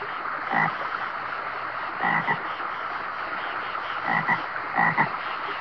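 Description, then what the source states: Frog croaks in short pulsed bursts, four groups over about five seconds, set against a steady rushing wash of flowing water. By a river.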